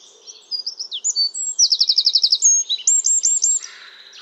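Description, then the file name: Eurasian wren song, a loud high rapid outpouring of sharp notes, with a fast even trill in the middle and looping chirps toward the end. "Troglodytes troglodytes"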